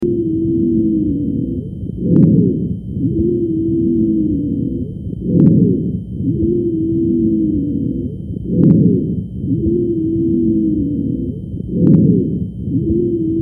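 Wheezes: musical, continuous tones around 300 Hz heard through much of each breath over an adult chest, with a breathing rate of about 19 per minute.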